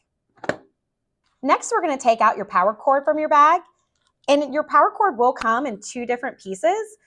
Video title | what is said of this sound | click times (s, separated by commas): ResMed AirSense11 Setup | you're going to slide the humidifier chamber in place till you hear a soft click | 0.5 s